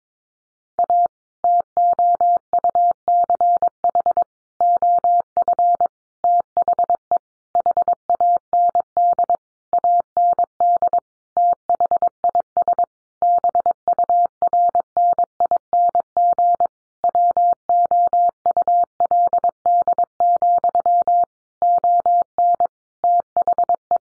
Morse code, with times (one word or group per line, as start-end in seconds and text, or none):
0.8-1.1 A
1.4-4.2 TOUCH
4.6-5.9 OF
6.2-7.2 THE
7.6-9.4 HAND
9.7-11.0 AND
11.4-12.8 THIS
13.2-16.7 BURNING
17.0-21.2 WOULD,
21.6-22.7 ON
23.0-24.0 THE